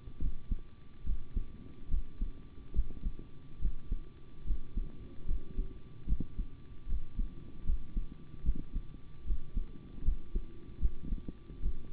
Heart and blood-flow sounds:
heart sounds by stethoscope; between the tricuspid and mitral areas; 74 bpm
0.19 s: heartbeat
1.04 s: heartbeat
1.89 s: heartbeat
2.74 s: heartbeat
3.60 s: heartbeat
4.45 s: heartbeat
5.26 s: heartbeat
6.07 s: heartbeat
6.87 s: heartbeat
7.65 s: heartbeat
8.43 s: heartbeat
9.25 s: heartbeat
10.03 s: heartbeat
10.80 s: heartbeat
11.60 s: heartbeat
From the record:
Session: rest, sitting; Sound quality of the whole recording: good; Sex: male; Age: 25 years

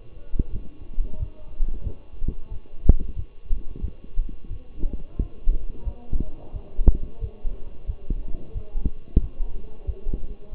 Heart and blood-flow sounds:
heart sounds by stethoscope; between the tricuspid and mitral areas; 90 bpm
0.51 s: heartbeat
1.19 s: heartbeat
1.83 s: heartbeat
2.50 s: heartbeat
3.15 s: heartbeat
3.81 s: heartbeat
4.49 s: heartbeat
5.19 s: heartbeat
5.84 s: heartbeat
6.52 s: heartbeat
7.20 s: heartbeat
7.86 s: heartbeat
8.53 s: heartbeat
9.20 s: heartbeat
9.86 s: heartbeat
10.51 s: heartbeat
From the record:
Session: walking at 3.7 km/h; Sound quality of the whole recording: partially saturated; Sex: male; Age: 24 years

